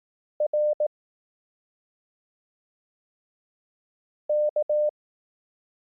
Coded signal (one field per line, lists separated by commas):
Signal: Morse code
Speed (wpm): 18 wpm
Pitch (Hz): 600 Hz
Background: none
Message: R K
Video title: Learn Morse Code — Lessons 1-3 (Koch Method, 18 wpm)